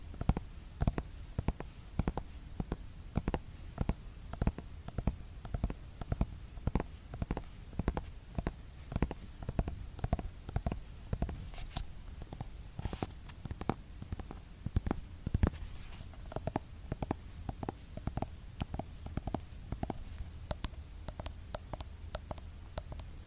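Skincare product tapping goes on in quick, steady, sharp clicks throughout, with a low rumble underneath and a few brighter, crisper taps midway.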